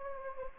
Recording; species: mosquito wingbeat signal from an infrared sensor; Anopheles gambiae